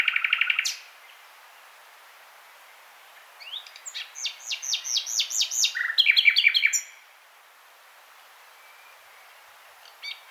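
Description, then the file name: Common nightingale song: an opening buzzy burst, then a run of separate descending whistled notes, ending in a quick rattling trill, with quiet pauses between phrases. "Luscinia megarhynchos"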